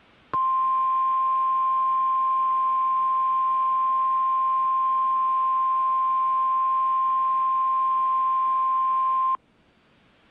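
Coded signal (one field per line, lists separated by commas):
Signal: Emergency Alert System (SAME) tones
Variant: 1050 Hz attention tone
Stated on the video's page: EAS alerts including Great ShakeOut earthquake drill.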